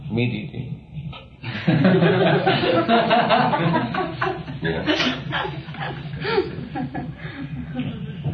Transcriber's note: laughter